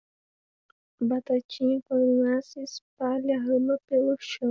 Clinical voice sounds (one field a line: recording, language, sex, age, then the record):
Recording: short text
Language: Brazilian Portuguese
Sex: female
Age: 18 to 19 years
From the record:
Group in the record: control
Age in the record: 18 years